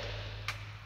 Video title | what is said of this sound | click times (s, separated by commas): THE CLEANEST 2016 GMC SIERRA 2500WE HAVE? CREW SLT DURAMAX DIESEL WALK AROUND REVIEW 12305Z SOLD! | it does lock into place, and you got this strap that you can close it and open | 0.5 s